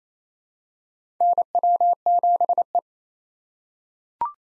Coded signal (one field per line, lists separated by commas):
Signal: Morse code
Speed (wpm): 28 wpm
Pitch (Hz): 700 Hz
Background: none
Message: NW7E